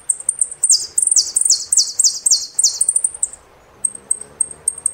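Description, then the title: Saffron finch song: rapid high whistles running into a rolling series of loud buzzy downslurred phrases, then a few thin notes after a brief pause. "Jilguero Argentino"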